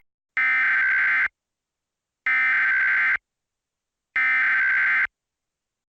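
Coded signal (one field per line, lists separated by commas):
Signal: Emergency Alert System (SAME) tones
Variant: header bursts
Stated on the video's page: Fictional EAS scenario of a nuclear anti-matter attack, an alternative-timeline recreation.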